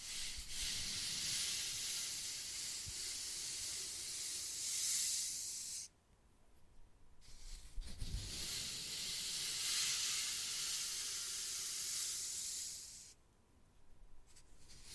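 Wood being carved and scratched in two long, steady scraping strokes, each lasting about five seconds, from the start to around 6 seconds and again from 8 to 13 seconds. The rasp is bright and hissy, with quiet pauses and faint low knocks between.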